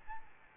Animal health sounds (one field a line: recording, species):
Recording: mosquito wingbeat signal from an infrared sensor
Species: Aedes albopictus